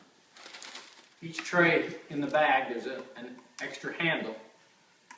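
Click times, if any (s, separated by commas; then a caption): 5.1 s. Someone talks while an extra plastic handle from the bag is fitted onto a media tray of a Sicce Whale aquarium canister filter, a handle meant to make the trays easier to remove. Faint rustling is heard early on. A single sharp tick at 5.1 s marks the handle snapping into place on the tray.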